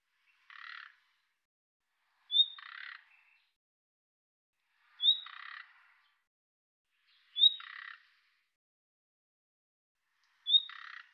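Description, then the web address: Bird calling five times with harsh buzzy rasps, the last four each opened by a short sharp high whistle, repeated roughly every two to three seconds against silence. "Deverinetal 2025"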